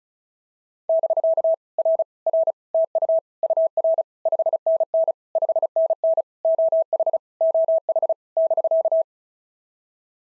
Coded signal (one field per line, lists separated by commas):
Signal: Morse code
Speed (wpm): 35 wpm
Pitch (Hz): 650 Hz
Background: none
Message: <BK> R R TU UR 5NN 5NN OH OH <BK>